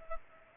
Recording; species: mosquito wingbeat signal from an infrared sensor; Culex pipiens